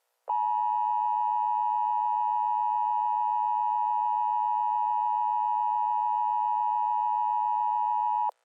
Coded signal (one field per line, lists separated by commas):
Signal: Emergency Alert System (SAME) tones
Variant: 853 and 960 Hz attention tone